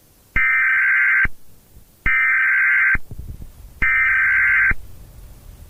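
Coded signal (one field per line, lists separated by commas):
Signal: Emergency Alert System (SAME) tones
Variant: header bursts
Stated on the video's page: Fictional EAS horror scenario made for entertainment, not a real alert.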